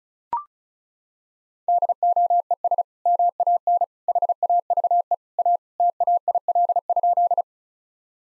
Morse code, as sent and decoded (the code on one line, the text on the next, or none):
-.. --- . ... / -- .- -. / .... .- ...- . / .- / - .- .. .-.. ..--..
DOES MAN HAVE A TAIL?